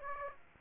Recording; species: mosquito wingbeat signal from an infrared sensor; Aedes aegypti